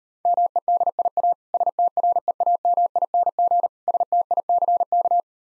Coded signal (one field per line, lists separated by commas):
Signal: Morse code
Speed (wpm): 38 wpm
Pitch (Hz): 700 Hz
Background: none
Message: MEDIA STREAMING STICK